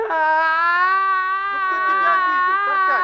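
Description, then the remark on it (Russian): A person cries in one long, loud, sustained wail that holds a steady, fairly high pitch for about three seconds, with a trembling, sobbing quality toward the end. “Ну что ты плачешь?”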